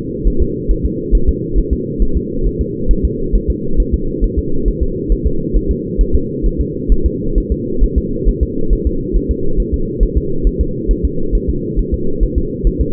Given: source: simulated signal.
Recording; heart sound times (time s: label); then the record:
fetal heart sounds
0.27 s: S1
0.42 s: S2
0.71 s: S1
0.86 s: S2
1.15 s: S1
1.29 s: S2
1.58 s: S1
1.73 s: S2
2.02 s: S1
2.17 s: S2
2.47 s: S1
2.61 s: S2
2.91 s: S1
3.05 s: S2
3.36 s: S1
3.50 s: S2
3.80 s: S1
3.94 s: S2
4.24 s: S1
4.39 s: S2
4.68 s: S1
4.83 s: S2
5.12 s: S1
5.27 s: S2
5.56 s: S1
5.71 s: S2
6.01 s: S1
6.15 s: S2
6.46 s: S1
6.61 s: S2
6.92 s: S1
7.06 s: S2
7.38 s: S1
7.52 s: S2
7.84 s: S1
7.98 s: S2
8.29 s: S1
8.43 s: S2
8.73 s: S1
8.87 s: S2
9.16 s: S1
9.31 s: S2
9.60 s: S1
9.74 s: S2
10.03 s: S1
10.17 s: S2
10.47 s: S1
10.61 s: S2
10.91 s: S1
11.05 s: S2
11.35 s: S1
11.50 s: S2
11.79 s: S1
11.94 s: S2
12.23 s: S1
12.38 s: S2
12.67 s: S1
12.81 s: S2
From the record:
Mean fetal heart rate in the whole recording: 135 bpm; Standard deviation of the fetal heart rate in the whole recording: 3 bpm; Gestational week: 36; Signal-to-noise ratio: -8.1 dB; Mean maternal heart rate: 72 bpm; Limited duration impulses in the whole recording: absent